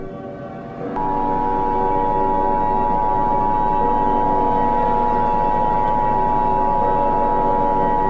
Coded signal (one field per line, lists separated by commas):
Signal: Emergency Alert System (SAME) tones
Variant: 853 and 960 Hz attention tone